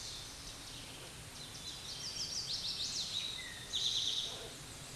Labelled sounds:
Eastern Towhee (Pipilo erythrophthalmus) song
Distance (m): 25 m
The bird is about level with the microphone
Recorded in a Pennsylvania forest on 16 May 2024 at 09:33
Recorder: AudioMoth, point MSD-2058
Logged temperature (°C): 11.8 °C
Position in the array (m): 96 m, -4 m

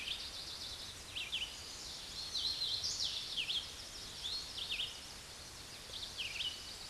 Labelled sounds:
Hooded Warbler (Setophaga citrina) song
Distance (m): 40 m
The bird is about 20 m above the microphone
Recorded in a Pennsylvania forest on 16 May 2024 at 09:43
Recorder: AudioMoth, point MSD-2258
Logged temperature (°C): 15.2 °C
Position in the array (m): 145 m, 114 m

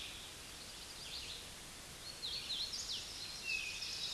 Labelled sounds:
Hooded Warbler (Setophaga citrina) song
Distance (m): 40 m
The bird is about 5 m above the microphone
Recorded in a Pennsylvania forest on 16 May 2024 at 09:44
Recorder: AudioMoth, point MSD-0690
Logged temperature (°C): 16.0 °C
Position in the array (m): 158 m, 108 m

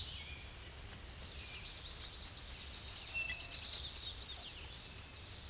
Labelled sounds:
Tennessee Warbler (Leiothlypis peregrina) song
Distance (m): 20 m
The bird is about 5 m above the microphone
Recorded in a Pennsylvania forest on 16 May 2024 at 07:45
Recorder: AudioMoth, point MSD-0665
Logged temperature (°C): 16.1 °C
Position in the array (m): 82 m, 74 m

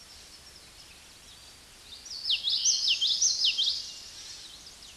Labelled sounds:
Common Yellowthroat (Geothlypis trichas) song
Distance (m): 5 m
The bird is about 5 m above the microphone
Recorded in a Pennsylvania forest on 16 May 2024 at 09:08
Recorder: AudioMoth, point MSD-2061
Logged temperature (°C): 16.1 °C
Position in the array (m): 225 m, 186 m

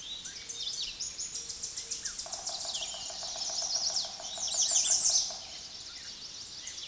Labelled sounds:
American Redstart (Setophaga ruticilla) song
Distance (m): 10 m
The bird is about 5 m below the microphone
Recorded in a Pennsylvania forest on 16 May 2024 at 06:12
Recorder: AudioMoth, point MSD-2027
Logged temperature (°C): 15.6 °C
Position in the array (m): 110 m, 225 m

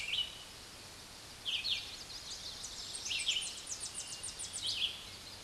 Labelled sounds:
Red-eyed Vireo (Vireo olivaceus) song
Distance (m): 25 m
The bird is about 20 m above the microphone
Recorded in a Pennsylvania forest on 16 May 2024 at 06:41
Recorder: AudioMoth, point MSD-2258
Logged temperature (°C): 15.2 °C
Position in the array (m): 164 m, 73 m

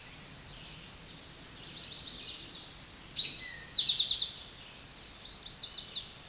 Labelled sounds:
Eastern Towhee (Pipilo erythrophthalmus) song
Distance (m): 10 m
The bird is about 10 m above the microphone
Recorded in a Pennsylvania forest on 16 May 2024 at 09:20
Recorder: AudioMoth, point MSD-2058
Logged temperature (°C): 11.8 °C
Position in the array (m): 80 m, 12 m

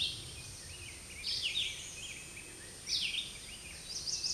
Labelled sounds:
Red-eyed Vireo (Vireo olivaceus) song
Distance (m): 5 m
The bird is about level with the microphone
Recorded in a Pennsylvania forest on 16 May 2024 at 08:50
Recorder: AudioMoth, point MSD-2083
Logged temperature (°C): 16.7 °C
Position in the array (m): 142 m, 17 m

